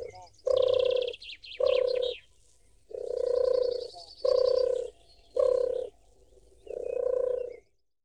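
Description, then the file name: Wood pigeon giving soft, throaty coos in a rhythmic phrase of short and long notes, each note steady and low, with faint high chirps from other birds in the first half. "Spectacular Sound Effects - Birds Wood Pigeon"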